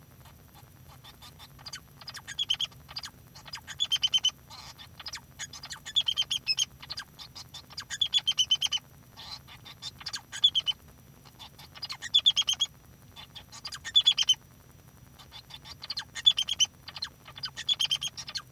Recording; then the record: song of a male Bengalese finch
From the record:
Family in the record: son of father 2